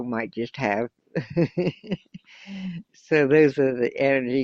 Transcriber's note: laughs